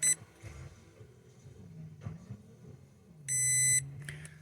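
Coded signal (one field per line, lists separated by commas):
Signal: beep code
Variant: Spektrum Dynamite ESC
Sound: quiet room hum, then one steady high beep lasting half a second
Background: low room hum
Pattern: 1 long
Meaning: One long beep confirms the parameter is set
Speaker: you just hold the button down and you'll hear one long beep that indicates that the parameter is set.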